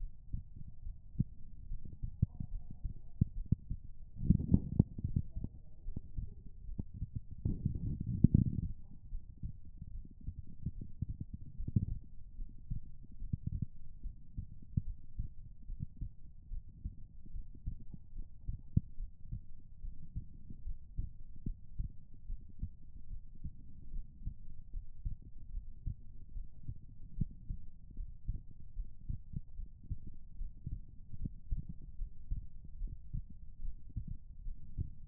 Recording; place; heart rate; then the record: heart sounds by stethoscope; pulmonary valve (PV); 72 bpm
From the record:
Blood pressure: 103/61 mmHg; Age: 21 years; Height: 166 cm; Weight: 57 kg